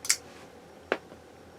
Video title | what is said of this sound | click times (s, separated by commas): birthday knife haul | you hear that good from there | 0.0 s, 0.1 s